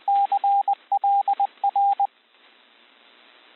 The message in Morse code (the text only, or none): CLR